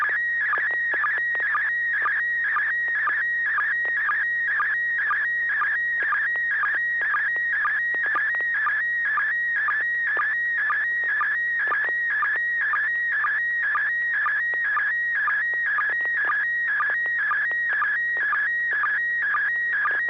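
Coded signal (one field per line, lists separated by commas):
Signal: SSTV (slow-scan television)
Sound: steady warbling, chirping tone with a regular short low blip about twice a second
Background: low hum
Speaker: go ahead bill with your picture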